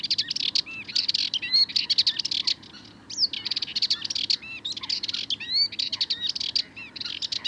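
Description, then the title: Sardinian warbler song: a fast, nervous chatter of scratchy notes and sharp whistled slurs, running almost nonstop with one brief pause midway. At twilight, 22 March 2019, Le Charnier, Camargue; a long, incredibly nervous and fast song monologue; recorded with a parabolic reflector, MKH8020 microphone and MixPre-3 recorder. "Une Fauvette mélanocéphale"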